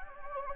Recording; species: mosquito wingbeat signal from an infrared sensor; Anopheles gambiae